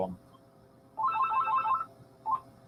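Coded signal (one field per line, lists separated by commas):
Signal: none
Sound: phone menu key beeps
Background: speech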